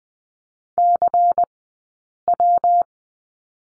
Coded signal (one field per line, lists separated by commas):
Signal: Morse code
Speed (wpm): 20 wpm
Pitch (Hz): 700 Hz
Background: none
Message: C W